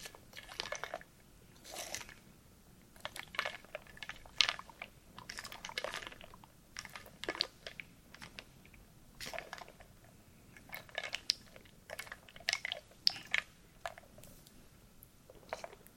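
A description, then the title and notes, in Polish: A "wooden soup" of crackling, crunching bursts sounds throughout, like wooden pieces being churned and crushed. The sharp, bright crunches come irregularly, often several per second in short clusters, with brief quieter gaps. A faint low rumble sits steadily underneath. Drewniana zupa IDEALNE NA SEN ASMR po polsku!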